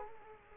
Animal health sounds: mosquito wingbeat signal from an infrared sensor; Culex quinquefasciatus

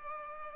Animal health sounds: mosquito wingbeat signal from an infrared sensor; Culex pipiens

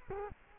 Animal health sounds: mosquito wingbeat signal from an infrared sensor; Culex quinquefasciatus

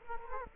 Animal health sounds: mosquito wingbeat signal from an infrared sensor; Culex quinquefasciatus

